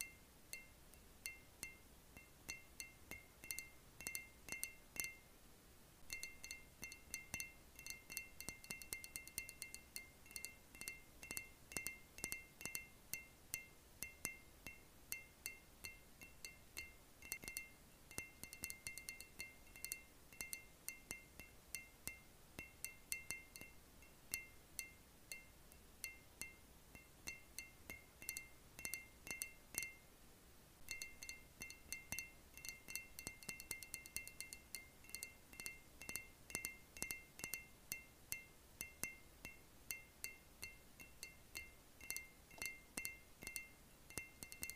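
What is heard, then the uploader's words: Repetitive tapping on a hard surface, with quick, fairly regular light taps that ring slightly like glass or metal. The pattern runs steadily, with brief pauses near 5 and 30 seconds before resuming. A soft, constant hiss sits underneath. Soothing Repetitive Random Tapping.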